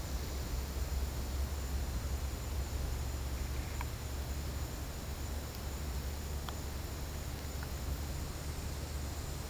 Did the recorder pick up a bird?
no